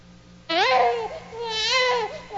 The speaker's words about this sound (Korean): 아기는 태어나자마자 왜 울지? 넌 그것도 모르니?